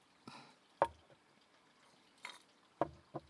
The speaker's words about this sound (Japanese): 氷の音キューキュー言うの聞こえますよね。